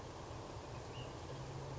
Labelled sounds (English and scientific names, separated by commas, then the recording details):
Ash-throated Flycatcher (Myiarchus cinerascens)
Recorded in Sonoma County, California